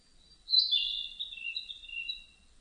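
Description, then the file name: Narcissus flycatcher song, one short phrase of bright whistled notes that start high and slide lower, lasting under two seconds, with quiet surroundings. Recorded 30 April 2005. "050430 kibitaki"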